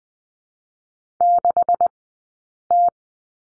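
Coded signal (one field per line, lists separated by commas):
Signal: Morse code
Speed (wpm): 20 wpm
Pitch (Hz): 690 Hz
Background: none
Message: 6T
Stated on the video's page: Morse course lesson on the question mark, Farnsworth 20/10wpm.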